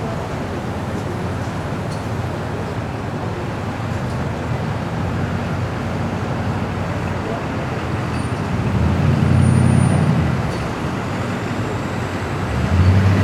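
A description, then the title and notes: A calm city street with a steady wash of traffic noise and low engine rumble throughout. Around nine to ten seconds a vehicle passes with a deeper, louder hum, and another swells near the end. Faint higher tones flicker briefly in the background. Relaxing and Calm City Street.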